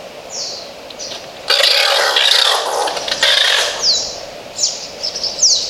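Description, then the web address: Oilbird screeching: a long, harsh, rasping scream of nearly two seconds, bracketed by short, high, downslurred chirping notes and faint background hiss. "sound Oilbird. صدای-مرغ-روغنی"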